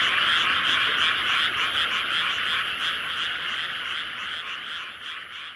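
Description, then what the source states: Frogs calling in a dense chorus, a steady high trilling mass of rapid pulsed croaks, about three per second, fading slightly toward the end. Various frogs, a soundscape.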